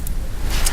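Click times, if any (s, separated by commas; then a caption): 0.1 s. A prefilled Dupixent injector pen is pressed slowly against the skin during a self-injection until its plunger clicks home, with a short, sharp click at 0.1 s over a low steady background hum. A second, brighter sharp sound follows at 0.7 s, and the plunger is fully seated, completing the injection.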